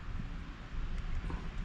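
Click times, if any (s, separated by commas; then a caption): none. A dosing pump is being fitted into the plastic housing of a dosing system, with its shaft turned by a square-bit screwdriver to line it up so it can snap in. Only a steady, low rumbling, wind-like noise is heard, with no distinct impacts. The pump has not snapped into place yet.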